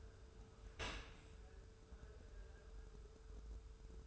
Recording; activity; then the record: daily activity, microphone in the room; open dishwasher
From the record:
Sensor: 2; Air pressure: 1014.8 hPa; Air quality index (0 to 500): 25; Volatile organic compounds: 0 ppm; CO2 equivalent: 504 ppm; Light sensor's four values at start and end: 10/22/9/9 and 10/22/9/9